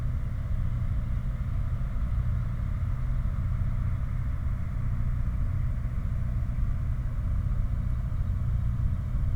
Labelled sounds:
machinery, flare stack
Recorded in the Prudhoe Bay oil fields, Alaska, on 16 August 2019 at 01:18
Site 29

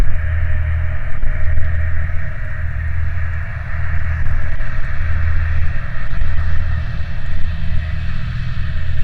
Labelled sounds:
machinery, flare stack
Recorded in the Prudhoe Bay oil fields, Alaska, on 20 July 2019 at 04:03
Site 29

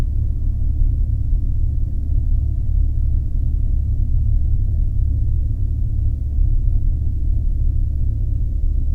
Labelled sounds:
machinery, flare stack
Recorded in the Arctic National Wildlife Refuge, Alaska, on 4 September 2019 at 00:05
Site 48

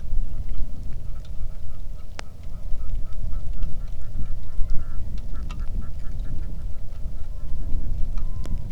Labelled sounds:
waterfowl, wind, rain
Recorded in the Arctic National Wildlife Refuge, Alaska, on 3 August 2019 at 09:25
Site 46

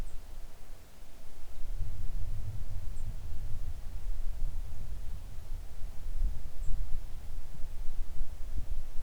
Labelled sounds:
songbird
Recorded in the Arctic National Wildlife Refuge, Alaska, on 3 August 2019 at 10:22
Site 41

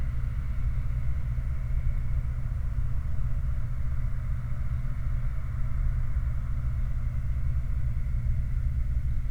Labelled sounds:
machinery, flare stack
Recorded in the Prudhoe Bay oil fields, Alaska, on 29 July 2019 at 04:27
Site 29

